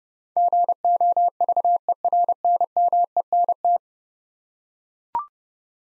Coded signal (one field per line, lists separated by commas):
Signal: Morse code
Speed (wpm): 30 wpm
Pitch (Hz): 700 Hz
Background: none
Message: GOVERNMENT